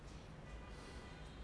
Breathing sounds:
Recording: one breath in and out by a microphone near the nose and mouth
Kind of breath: normal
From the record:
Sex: male

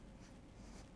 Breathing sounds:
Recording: one breath in and out by a microphone near the nose and mouth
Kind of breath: strong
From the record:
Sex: male

